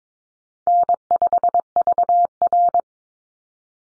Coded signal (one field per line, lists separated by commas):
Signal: Morse code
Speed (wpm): 22 wpm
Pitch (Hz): 700 Hz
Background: none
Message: N5VR